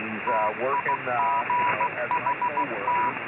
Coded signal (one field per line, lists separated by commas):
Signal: Morse code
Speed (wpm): 16 wpm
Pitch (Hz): 980 Hz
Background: speech, radio noise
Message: TIGHT